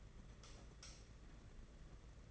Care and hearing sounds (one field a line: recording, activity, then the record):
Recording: daily activity, microphone in the room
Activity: light off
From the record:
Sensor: 4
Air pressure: 992.7 hPa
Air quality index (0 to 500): 170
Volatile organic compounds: 269 ppm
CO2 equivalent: 4409 ppm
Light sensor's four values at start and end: 5/10/4/4 and 4/9/4/4